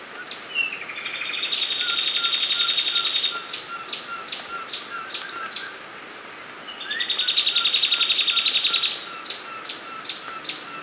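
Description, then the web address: Sepia-brown wren song, long trilled phrases of rapid high notes, a rising slur opening each burst, repeated twice with short chipping notes between, over steady background hiss. Recorded in Ecuador. "Birds of Ecuador. Sepia-brown Wren"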